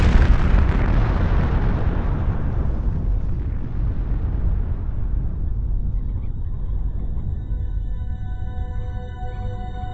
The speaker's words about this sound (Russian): Уже падая на землю, я услышал глухой взрыв, как будто грохот раздался где-то в самой толще скалы.